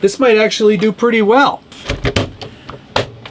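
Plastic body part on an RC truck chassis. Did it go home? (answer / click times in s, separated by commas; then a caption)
yes / 3.0 s. Someone talks, then a hard plastic body part on an Axial Motobilt Gladiator scale RC crawler is pressed down onto the chassis. A few light handling clicks follow before a sharp snap at 3.0 s. The part snaps cleanly and nicely into place.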